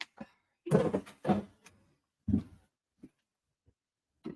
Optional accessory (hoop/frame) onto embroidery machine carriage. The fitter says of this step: just have to slide it in from the side and it clicks right in like that